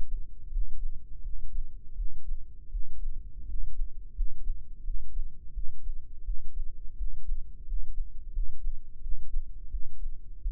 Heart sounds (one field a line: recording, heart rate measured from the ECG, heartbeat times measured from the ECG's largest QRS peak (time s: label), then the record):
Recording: heart sounds by microphone in the right ear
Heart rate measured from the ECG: 85 bpm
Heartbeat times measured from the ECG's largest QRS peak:
0.49 s: heartbeat
1.21 s: heartbeat
1.94 s: heartbeat
2.69 s: heartbeat
3.45 s: heartbeat
4.13 s: heartbeat
4.82 s: heartbeat
5.52 s: heartbeat
6.22 s: heartbeat
6.95 s: heartbeat
7.64 s: heartbeat
8.30 s: heartbeat
8.99 s: heartbeat
9.68 s: heartbeat
10.39 s: heartbeat
From the record:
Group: healthy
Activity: rest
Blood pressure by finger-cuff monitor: 116/80 mmHg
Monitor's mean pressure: 91 mmHg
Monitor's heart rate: 85 bpm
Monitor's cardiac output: 6.3 L/min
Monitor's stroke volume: 75 mL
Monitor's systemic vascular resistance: 1060 dyn s/cm5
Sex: male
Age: 21 years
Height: 180 cm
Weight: 67.5 kg